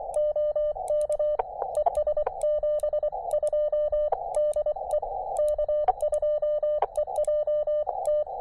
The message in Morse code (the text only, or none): OK ES72 DE K2EJT